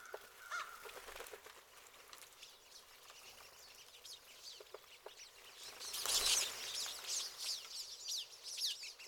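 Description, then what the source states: Pine siskins calling, one steady note at first, then scattered chips, then a loud burst of rising, buzzy twitters. Several pine siskins.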